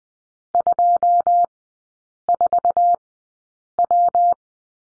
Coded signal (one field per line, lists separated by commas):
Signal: Morse code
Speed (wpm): 20 wpm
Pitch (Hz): 700 Hz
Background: none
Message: 24W